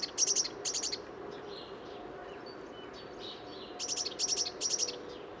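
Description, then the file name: Eurasian blue tit giving high, buzzy calls in short runs of two or three notes, at the start and again near the end, over faint background noise. "Cyanistes caeruleus"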